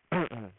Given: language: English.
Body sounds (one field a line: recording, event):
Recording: throat vibration sensor signal played as sound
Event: throat clearing